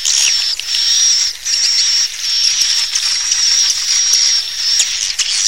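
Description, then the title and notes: Swiftlet calls, a continuous shrill chattering with a high steady tone running through, a few short breaks in the stream. Swiftlet sound used for swiftlet farming in Asia. "Swiflet Bird Sound. Farming Swiflet Bird asia sound"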